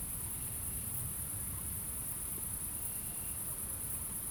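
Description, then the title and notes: Cricket chorus, an unbroken shrill high trill, with a heavy low rumble of vehicles underneath. Crickets recorded at night in Aveize, France, with a few cars in the distance; captured with DPA-2006c microphones in AB position on a Mixpre-3 recorder. "69610 Aveize, France - Grillons - Crickets. Grillons la nuit, quelques voitures dans le lointain. Crickets at night, cars in the distance"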